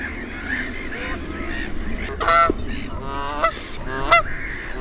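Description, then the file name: Canada goose giving a few loud nasal honks in the second half, after a stretch of softer muffled goose calls and low background rumble. "KANADANHANHI"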